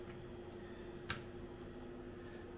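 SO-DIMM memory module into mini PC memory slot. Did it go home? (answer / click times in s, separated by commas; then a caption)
yes / 1.1 s. A 16 GB SO-DIMM laptop memory module is pressed down into the bottom memory slot of a mini PC board. A single sharp click at 1.1 s marks the retaining clips snapping shut over a steady low hum, and the module is seated.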